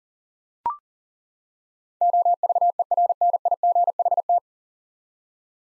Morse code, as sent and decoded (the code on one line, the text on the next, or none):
--- ...- . .-. -. .. --. .... -
OVERNIGHT